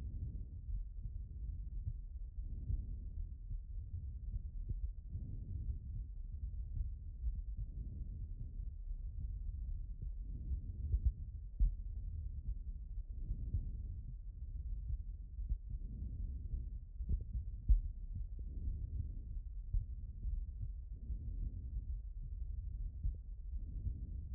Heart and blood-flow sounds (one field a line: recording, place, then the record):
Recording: heart sounds by stethoscope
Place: aortic valve (AV)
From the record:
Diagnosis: non-HFrEF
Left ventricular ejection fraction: 56%